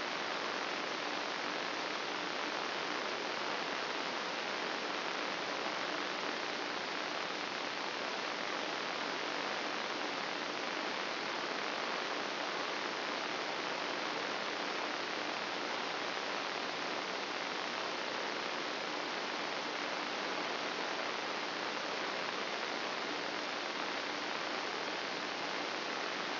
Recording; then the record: brain microelectrode recording played as sound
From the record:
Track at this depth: inside the subthalamic nucleus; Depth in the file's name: 3.566 mm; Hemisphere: left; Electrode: 3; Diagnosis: Parkinson's disease